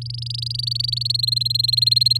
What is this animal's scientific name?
Serinus canaria